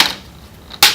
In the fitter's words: These clicks are the clips on the LCD bezel